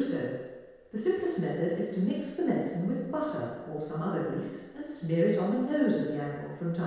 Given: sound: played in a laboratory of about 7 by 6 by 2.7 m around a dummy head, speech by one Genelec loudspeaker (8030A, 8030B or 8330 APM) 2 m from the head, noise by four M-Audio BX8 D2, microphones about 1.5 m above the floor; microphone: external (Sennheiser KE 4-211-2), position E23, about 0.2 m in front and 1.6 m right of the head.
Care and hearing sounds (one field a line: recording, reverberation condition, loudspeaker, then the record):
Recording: female speech in English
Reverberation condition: high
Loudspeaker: 150 degrees to the right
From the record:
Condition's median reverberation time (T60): about 1300 ms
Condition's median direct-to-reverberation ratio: about -4.0 dB